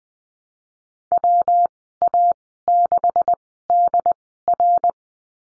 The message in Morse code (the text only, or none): WA6DR